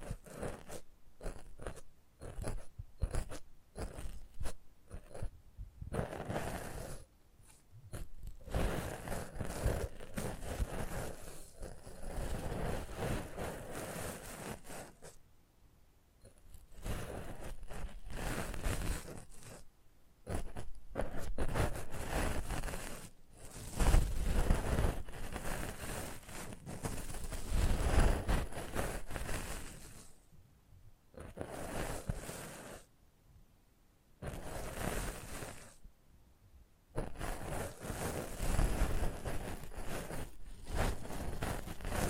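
Close-up mic handling: bursts of rough scraping, crunching and rubbing come in uneven waves, broken by short silences around 15, 33 and 36 seconds.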